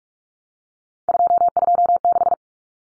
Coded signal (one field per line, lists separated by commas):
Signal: Morse code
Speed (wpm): 44 wpm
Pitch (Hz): 700 Hz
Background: none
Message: 226